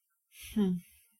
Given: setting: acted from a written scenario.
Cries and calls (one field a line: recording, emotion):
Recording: vocal sound without words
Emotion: sympathy